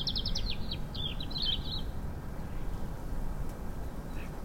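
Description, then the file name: European robin song, a quick run of high thin twittering notes in the first two seconds, then only low rumbling background noise. "Erithacus rubecula"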